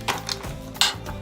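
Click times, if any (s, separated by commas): 0.8 s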